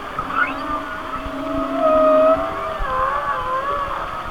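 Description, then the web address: Whale song with long level and gently curving tones, one brighter whistle swelling in the middle, over steady background hiss. "Natures Songs Whale Songs Whale Songs- Mike Mc Donald"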